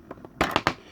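A snap-fit plastic comic book grading slab, its halves held together at small points, is pried open. A series of sharp plastic snaps sounds at 0.4, 0.6 and 0.7 seconds, and the reusable case comes apart without breaking, fairly simply.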